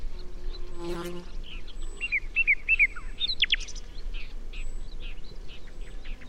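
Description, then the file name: Common nightingale song: quick high chirps and a burst of sharp repeated notes, after a low buzzy harmonic sound, over steady low rumble. "Luscinia megarhynchos"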